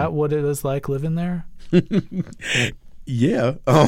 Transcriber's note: laughter